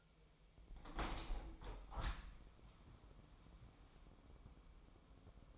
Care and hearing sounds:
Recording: daily activity, microphone in the room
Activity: open window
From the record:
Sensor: 1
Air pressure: 1006.6 hPa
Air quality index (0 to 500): 208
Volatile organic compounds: 24 ppm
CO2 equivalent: 2812 ppm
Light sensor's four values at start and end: 12/30/12/13 and 12/32/12/14

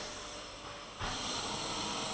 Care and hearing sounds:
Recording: daily activity, microphone in the room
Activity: vacuum cleaning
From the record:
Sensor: 4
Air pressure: 996.0 hPa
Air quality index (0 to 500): 47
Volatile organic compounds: 1 ppm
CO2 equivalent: 751 ppm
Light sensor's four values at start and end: 18/48/19/20 and 18/48/19/20

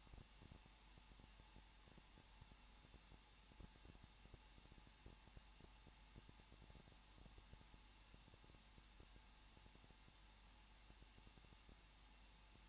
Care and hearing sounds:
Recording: daily activity, microphone in the room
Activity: no activity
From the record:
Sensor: 1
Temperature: 20.1 degrees Celsius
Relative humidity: 39.4%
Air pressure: 1006.4 hPa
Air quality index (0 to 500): 218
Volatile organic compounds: 80 ppm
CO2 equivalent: 3608 ppm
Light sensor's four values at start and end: 1/2/1/1 and 1/2/1/1

